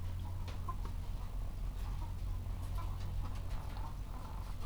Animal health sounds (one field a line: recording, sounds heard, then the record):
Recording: poultry house recording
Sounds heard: sick chickens (respiratory disease)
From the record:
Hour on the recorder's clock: 13